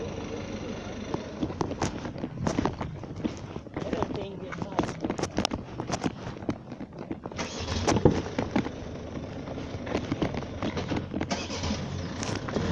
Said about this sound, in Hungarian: Vigyázzál, mozog az autó.